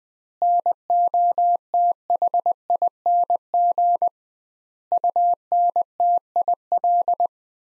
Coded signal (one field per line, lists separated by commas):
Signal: Morse code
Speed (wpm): 20 wpm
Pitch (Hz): 700 Hz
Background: none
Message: NOTHING UNTIL